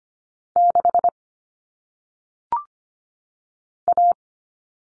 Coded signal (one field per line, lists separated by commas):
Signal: Morse code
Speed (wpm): 25 wpm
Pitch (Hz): 700 Hz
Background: none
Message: 6 A